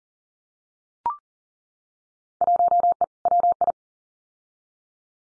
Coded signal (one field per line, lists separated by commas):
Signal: Morse code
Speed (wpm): 40 wpm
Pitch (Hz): 700 Hz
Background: none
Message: 1E WI